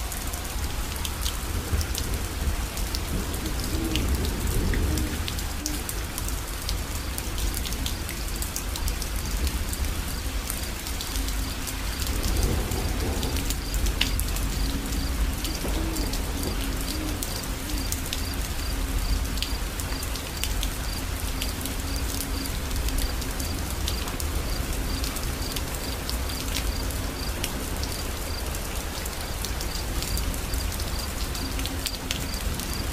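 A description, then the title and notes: Steady rain patters densely throughout, with a low rumble swelling around five and thirteen seconds and a faint thin tone lingering behind. Thunder during the Night with rain - Bruges, Belgium.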